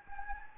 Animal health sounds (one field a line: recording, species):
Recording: mosquito wingbeat signal from an infrared sensor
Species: Anopheles gambiae